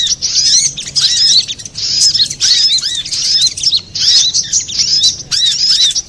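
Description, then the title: Little spiderhunter song, short bursts of high chattering with looping notes. Used to train cage birds; Indonesian name sogok ontong, labelled labaik. "Masteran Burung Sogok Ontong Labaik"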